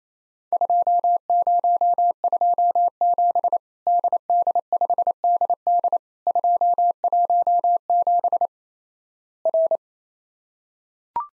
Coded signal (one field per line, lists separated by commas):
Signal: Morse code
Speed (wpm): 28 wpm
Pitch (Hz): 700 Hz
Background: none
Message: 2027 DD5DD 217 R